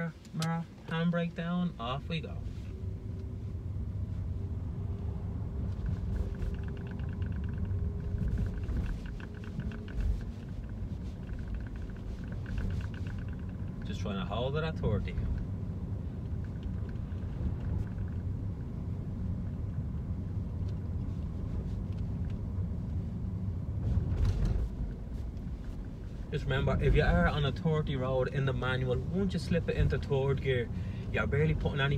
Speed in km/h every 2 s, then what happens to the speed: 0, 17, 19, 19, 26, 29, 30, 32, 31, 31, 31, 28, 30, 32, 33, 34.
0-2 pulls away to 17. 6-10 speeds up to 29. 10-23 steady at about 31. 23-32 speeds up to 34.